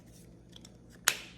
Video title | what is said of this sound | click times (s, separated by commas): Demo and Review of Inbrija (Levadopa inhalation powder) | push it down you hear a click now what happens with that click is that device inside there | 1.1 s